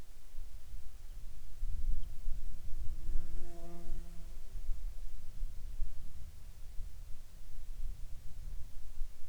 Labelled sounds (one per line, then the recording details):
insects
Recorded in the Arctic National Wildlife Refuge, Alaska, on 31 July 2019 at 08:26
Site 48